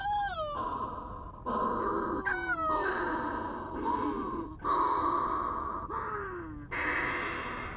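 Menorcan shearwater calling in a gasping, moaning series: rasping breathy bursts alternating with drawn-out harmonic tones that slide downward.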